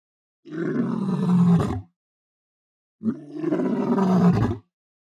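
Lion moaning: two deep, guttural, rasping moans, each about a second and a half long, separated by a short silence.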